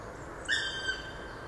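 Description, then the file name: Black woodpecker giving one drawn-out call with a bright harmonic ring, lasting about half a second over a quiet background. Recorded on 6 December 2014 in a park garden in Landshut. "Schwarzspecht 06 12 2014 Hofgarten Landshut LA Susanne Rieck"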